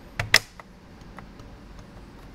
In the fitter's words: snaps right into position and we are done with the